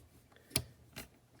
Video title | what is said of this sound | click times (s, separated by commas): GM Glove Box Latch Adjustment Removal and Installation C3 Corvette | and then that locks and now | 0.6 s